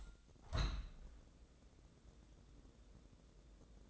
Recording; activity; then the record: daily activity, microphone in the room; open window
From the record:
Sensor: 3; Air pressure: 1012.3 hPa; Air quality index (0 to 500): 115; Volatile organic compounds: 1 ppm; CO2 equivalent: 901 ppm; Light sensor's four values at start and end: 175/422/172/159 and 175/422/172/159